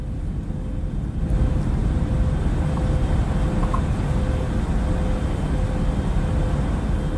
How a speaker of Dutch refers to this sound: Waar doet dit je aan denken? Geen idee. Een vliegtuig? Ja. Oh ja. Ja, hoe doe je dat geluid als je er niet in zit, hè? Dat herken je minder snel, denk ik. Ja, nee, maar ik wist het eigenlijk meteen. Ja, vliegtuig van binnen.